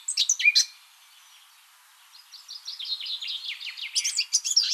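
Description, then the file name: Eurasian blackcap song, a short loud burst of scratchy notes, a quiet gap, then a soft rambling warble that grows louder toward the end. "Sylvia atricapilla"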